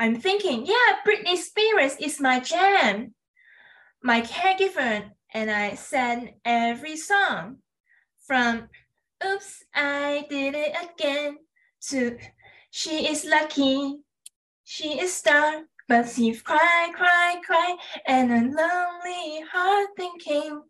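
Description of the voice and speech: An adult woman speaks slowly and haltingly, with long pauses, sound repetitions and garbled words and grammar, typical of aphasia. Her aphasia followed a brain injury from being hit by a car, with coma and brain surgery, and came from damage to the language area of the left side of the brain.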